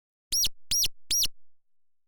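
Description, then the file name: Brown-eared bulbul calls: three short, shrill squealing notes given in quick succession about 0.4 seconds apart, then silence. "hiyodori"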